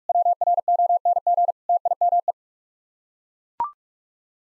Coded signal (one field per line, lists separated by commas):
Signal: Morse code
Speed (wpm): 41 wpm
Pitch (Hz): 700 Hz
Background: none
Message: WRONG TIME